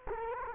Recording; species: mosquito wingbeat signal from an infrared sensor; Culex quinquefasciatus